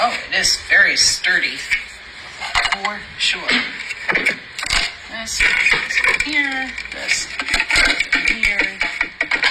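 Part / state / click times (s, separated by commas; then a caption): plastic lid/part onto salad spinner bowl / seated / 9.0 s, 9.2 s. Someone talks while pressing a plastic part of an OXO Good Grips salad spinner, either the lid or the pump mechanism, onto the spinner bowl. Sharp plastic clicks sound at 9.0 s and 9.2 s as the part snaps and seats in place.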